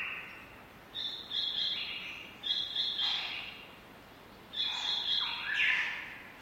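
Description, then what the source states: Lyrebird squawks come in three rough, noisy bursts separated by quieter gaps, each burst harsh and broad. Several lyrebirds squawking.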